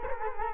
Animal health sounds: mosquito wingbeat signal from an infrared sensor; Culex quinquefasciatus

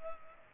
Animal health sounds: mosquito wingbeat signal from an infrared sensor; Culex pipiens

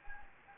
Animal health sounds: mosquito wingbeat signal from an infrared sensor; Anopheles gambiae

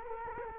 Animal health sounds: mosquito wingbeat signal from an infrared sensor; Culex quinquefasciatus

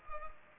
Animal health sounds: mosquito wingbeat signal from an infrared sensor; Culex pipiens

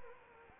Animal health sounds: mosquito wingbeat signal from an infrared sensor; Anopheles arabiensis

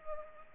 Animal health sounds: mosquito wingbeat signal from an infrared sensor; Culex pipiens

